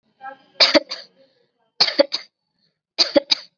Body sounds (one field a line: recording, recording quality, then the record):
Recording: shallow voluntary cough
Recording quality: excellent, no background noise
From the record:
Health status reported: COVID-19 positive, mild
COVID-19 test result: positive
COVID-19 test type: rapid antigen test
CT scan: not taken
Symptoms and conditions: cough, sore throat, fever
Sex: female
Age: 18 years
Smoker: no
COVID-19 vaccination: none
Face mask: worn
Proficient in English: yes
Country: India